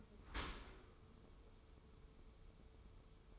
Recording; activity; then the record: daily activity, microphone in the room; open dishwasher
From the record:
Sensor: 1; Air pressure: 1015.0 hPa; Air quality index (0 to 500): 25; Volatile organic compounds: 0 ppm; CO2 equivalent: 503 ppm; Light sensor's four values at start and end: 13/30/12/13 and 13/30/12/13